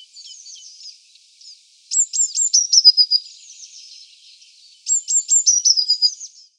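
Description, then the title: Eurasian blue tit singing high, thin phrases: a few sharp piercing notes sliding into a quick trill, heard twice about three seconds apart, with faint twittering between. "Sylvain Jaskowiak - Mes piafs. Mésange bleue"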